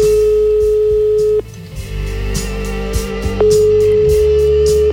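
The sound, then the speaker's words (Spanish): A telephone ringback tone sounds while a radio host calls a listener: a steady, mid-pitched electronic beep lasts about a second and a half, then a pause, then the beep starts again, over quiet background music. “Bueno, voy a llamar directamente a ver si hay suerte.”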